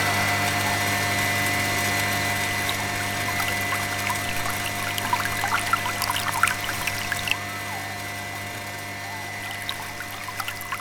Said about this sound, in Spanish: Como pueden escuchar el sonido de la máquina, aquí pueden escuchar el sonido de la máquina, estamos mirando del ojo del agua. ¿Escuchen? Aquí el ojo del agua.